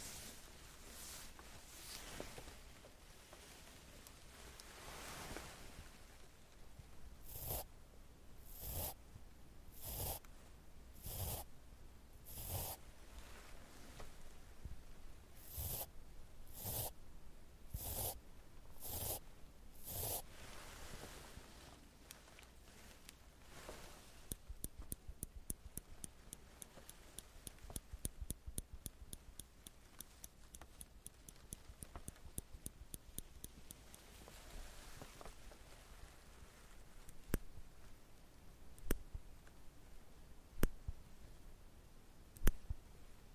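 Makeup sounds: tweezers and a curling iron clicking. Sharp snaps come at a steady, unhurried pace early on, then a dense run of quick rattling clicks fills the middle, ending with a few louder isolated clicks. A faint low hum sits underneath at first.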